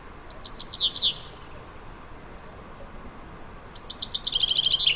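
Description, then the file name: Common chaffinch singing twice: a short phrase of quick notes, a pause, then a longer trill of repeated notes that runs to the end. "Fringilla coelebs"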